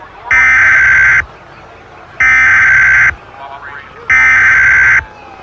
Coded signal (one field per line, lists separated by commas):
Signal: Emergency Alert System (SAME) tones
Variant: header bursts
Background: speech